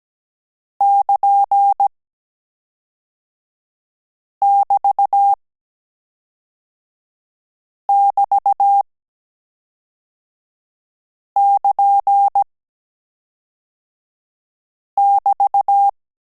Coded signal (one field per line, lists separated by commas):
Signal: Morse code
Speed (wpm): 17 wpm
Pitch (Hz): 800 Hz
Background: none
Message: <KN><BT><BT><KN><BT>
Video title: Morse Code - AR and AS - Last Lesson 18 – End of Course